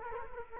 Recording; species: mosquito wingbeat signal from an infrared sensor; Culex quinquefasciatus